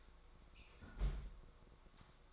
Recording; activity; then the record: daily activity, microphone in the room; close fridge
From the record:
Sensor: 3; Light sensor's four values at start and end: 5/12/4/4 and 5/12/4/4